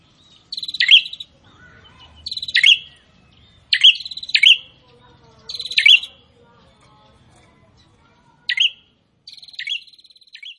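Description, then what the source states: Prinia song: several bright buzzy phrases spaced by short pauses. Prinia song described as gacor (vigorous, nonstop singing).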